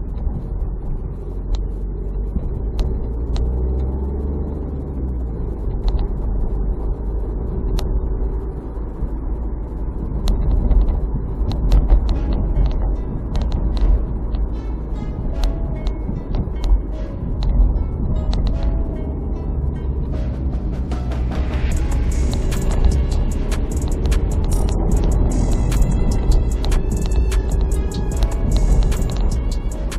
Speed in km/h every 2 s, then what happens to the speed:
20, 24, 33, 37, 41, 40, 40, 40, 38, 34, 29, 27, 33, 37, 41.
0-8 speeds up to 41. 8-15 steady at about 40. 15-21 slows to 27. 23-30 speeds up to 41.